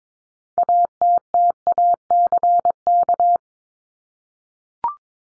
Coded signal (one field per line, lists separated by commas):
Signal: Morse code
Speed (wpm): 22 wpm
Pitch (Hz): 700 Hz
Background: none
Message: ATTACK